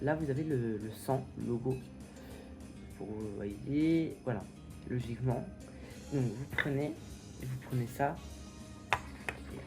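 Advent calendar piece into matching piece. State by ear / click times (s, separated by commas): seated / 8.9 s, 9.3 s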